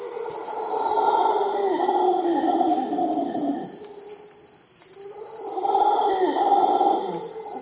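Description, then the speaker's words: Howler monkey howls: two long, deep, rough roaring bouts, the first about three seconds long and the second over two seconds, with a pause between, over a constant high-pitched insect drone. Recorded in the middle of the forest in Costa Rica; a somewhat terrifying sound, played as a prepared museum soundtrack. "On est au milieu de la forêt et c'est un singe hurleur que l'on entend actuellement."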